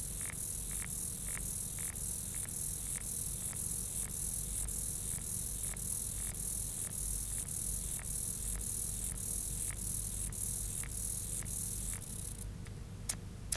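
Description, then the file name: Mottled grasshopper song, an even high-pitched hiss with regular crisp ticks, ending in a few louder clicks. "Myrmeleotettix maculatus"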